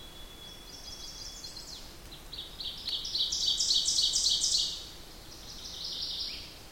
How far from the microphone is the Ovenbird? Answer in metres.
about 15 m